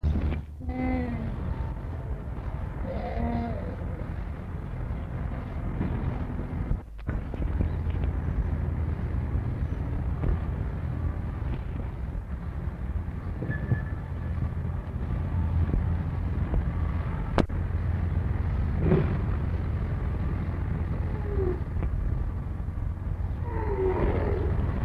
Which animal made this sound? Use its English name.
One-humped Camel